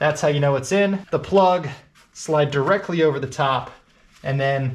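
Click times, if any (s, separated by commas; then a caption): none. While changing the spark plugs on a Porsche Cayenne, the electrical connector of the wiring harness is being handled over the top of an ignition coil as someone talks. Nothing has seated or clicked yet in this clip.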